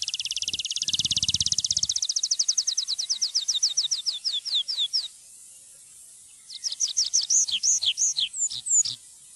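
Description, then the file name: Tree pipit song: a long fast trill of high notes that slows into slurred down-sweeping notes, a brief pause, then more down-slurred notes. "trepipelerke"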